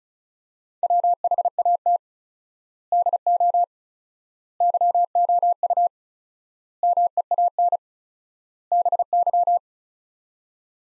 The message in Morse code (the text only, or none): WHAT DO YOU MEAN BY